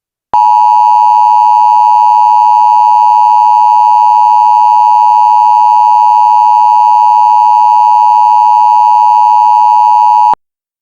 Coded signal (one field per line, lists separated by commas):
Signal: Emergency Alert System (SAME) tones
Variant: 853 and 960 Hz attention tone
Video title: Doomsday For Tropico (EAS Scenario) (Pre-Tartarus)